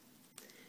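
A fresh electrode pad's connector is slid into the device's small connector box until it latches. After quiet low-level noise, a sharp click is heard at 0.4 s, followed by a softer tick at 0.5 s. The connector is seated.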